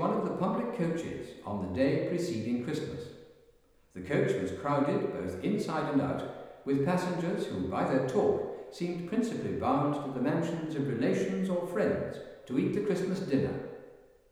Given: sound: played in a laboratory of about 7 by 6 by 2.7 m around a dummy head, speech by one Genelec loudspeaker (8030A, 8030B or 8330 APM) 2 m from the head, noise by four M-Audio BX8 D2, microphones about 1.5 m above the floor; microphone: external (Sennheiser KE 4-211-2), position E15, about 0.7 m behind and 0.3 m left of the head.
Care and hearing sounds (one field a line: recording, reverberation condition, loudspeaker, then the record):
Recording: male speech in English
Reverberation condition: high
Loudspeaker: 150 degrees to the right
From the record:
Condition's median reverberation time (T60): about 1300 ms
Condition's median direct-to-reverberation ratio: about -4.0 dB